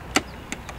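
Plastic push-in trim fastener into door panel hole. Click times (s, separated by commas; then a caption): 0.2 s. A plastic push-in trim fastener is pushed down into a hole in a door panel until it pops and spreads open. A sharp, bright pop at 0.2 s is followed by two quieter ticks at about 0.5 and 0.7 s. The fastener is seated, opened up and secure.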